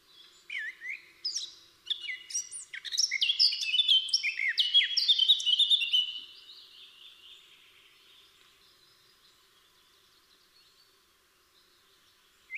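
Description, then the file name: Eurasian blackcap singing a rich, fast warble of mixed notes that swells, then fades into several seconds of near silence before a short final note. "Sylvia atricapilla"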